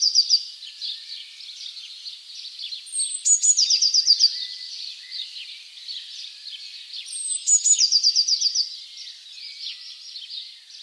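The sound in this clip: Bird giving two rapid high trills about four seconds apart, each led by a short thin whistle, with a constant hiss of other high sounds underneath.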